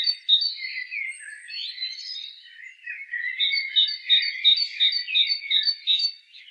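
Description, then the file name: Great tit starting with mixed warbling notes, then settling into a fast run of repeated paired high notes over continuous lower chatter. "Parus major"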